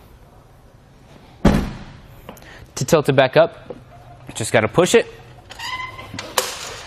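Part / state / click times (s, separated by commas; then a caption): hitch bike rack tilt latch locking the mast upright on the hitch mount / seated / 6.4 s. Someone talks while pushing the mast of a Yakima RidgeBack hitch bike rack for 2 bikes, mounted on a 2018 Chevrolet Equinox, back up from its tilted-down position. A dull thump comes early, followed by speech and a few small knocks. A sharp latch click at 6.4 s marks the tilt latch locking the mast upright on the hitch mount.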